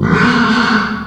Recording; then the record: squeal of a Yucatan mini pig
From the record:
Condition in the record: after surgery on the right vocal fold (resection and tissue-engineered implant); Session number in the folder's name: 16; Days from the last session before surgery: 183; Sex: female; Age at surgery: 19 weeks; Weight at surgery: 25 kg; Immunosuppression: prednisolone